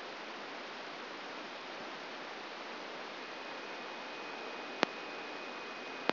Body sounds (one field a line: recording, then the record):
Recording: brain microelectrode recording played as sound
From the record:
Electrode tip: inside the subthalamic nucleus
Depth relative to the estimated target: 2 mm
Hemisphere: right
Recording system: AlphaMap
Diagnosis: Parkinson's disease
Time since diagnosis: 7 years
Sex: female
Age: 56 years